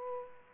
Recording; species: mosquito wingbeat signal from an infrared sensor; Aedes aegypti